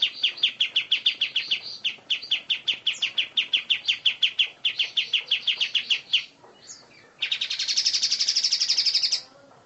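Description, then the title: Oriental magpie-robin song: fast series of sharp repeated whistled notes in several bursts, a short pause, then a sustained buzzy trill. "Kicau Kacer"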